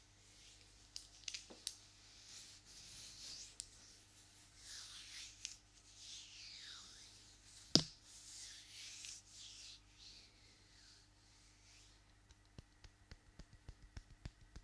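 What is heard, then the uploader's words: Long nails brush and scrape across a surface in soft swishing strokes, with a sharp click near eight seconds and quick tapping toward the end. ASMR Hands Sounds Movements Long Nails.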